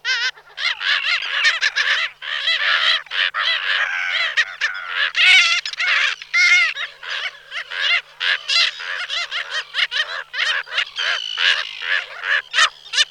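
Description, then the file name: Slender-billed gull chorus: many birds giving rapid, nasal, harmonic calls continuously in a dense, overlapping babble. "Racek tenkozoby Chroicocephalus genei"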